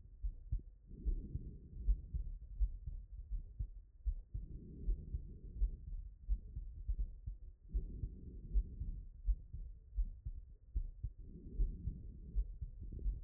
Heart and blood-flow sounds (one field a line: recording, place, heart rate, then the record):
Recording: heart sounds by stethoscope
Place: Erb's point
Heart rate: 78 bpm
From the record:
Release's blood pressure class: hypertension stage 1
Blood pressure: 132/70 mmHg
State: after exercise